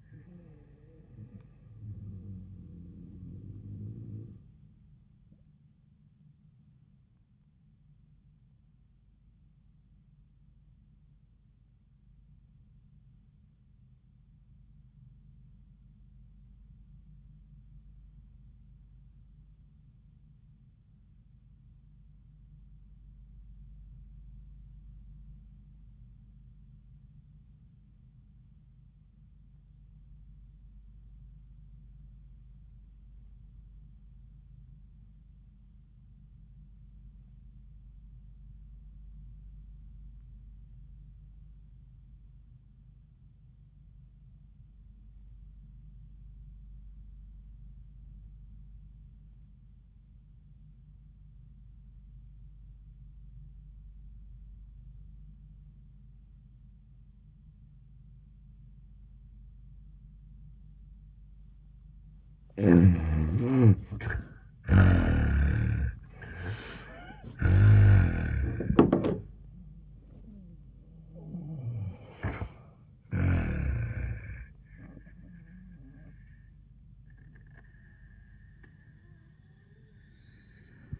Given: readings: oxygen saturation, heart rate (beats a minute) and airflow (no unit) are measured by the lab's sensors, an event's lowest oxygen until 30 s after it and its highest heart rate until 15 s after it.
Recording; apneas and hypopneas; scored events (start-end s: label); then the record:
breathing in sleep by a smartphone at the bedside; 1
5.00-62.60 s: obstructive apnea (N1, oxygen 98% highest, then 59% lowest, heart rate 82 at the start, 97 highest)
19.00-49.00 s: new sleep stage, REM sleep
49.00-79.00 s: new sleep stage, N1 (lightest sleep)
79.00-81.00 s: new sleep stage, REM sleep
From the record:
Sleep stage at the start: N1 (lightest sleep); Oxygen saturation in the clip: 59 to 98%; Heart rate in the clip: 58 to 97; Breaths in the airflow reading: 3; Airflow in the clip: -29.0 to 14.8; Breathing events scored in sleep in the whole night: 400 in 8.7 hours asleep